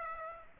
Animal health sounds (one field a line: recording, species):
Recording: mosquito wingbeat signal from an infrared sensor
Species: Aedes aegypti